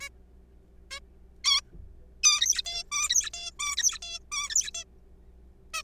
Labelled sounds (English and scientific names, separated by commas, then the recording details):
Zebra Finch (Taeniopygia guttata)
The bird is a juvenile
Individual R3428